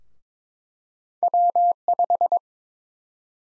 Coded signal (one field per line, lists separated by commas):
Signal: Morse code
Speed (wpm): 21 wpm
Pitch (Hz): 700 Hz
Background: none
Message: W5